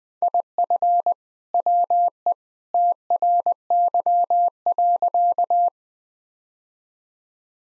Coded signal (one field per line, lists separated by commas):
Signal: Morse code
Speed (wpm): 20 wpm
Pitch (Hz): 700 Hz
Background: none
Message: IF WE TRY.